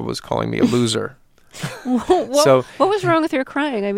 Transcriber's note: laughter